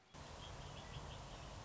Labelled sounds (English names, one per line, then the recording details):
Red-winged Blackbird
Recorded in Sonoma County, California